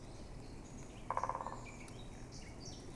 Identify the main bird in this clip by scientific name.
Dendrocopos major